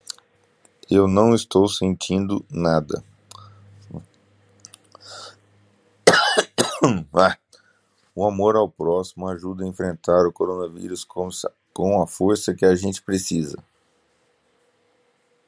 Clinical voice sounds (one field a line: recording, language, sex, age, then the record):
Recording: spoken sentence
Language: Brazilian Portuguese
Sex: male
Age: 40 to 49 years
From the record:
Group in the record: control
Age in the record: 41 years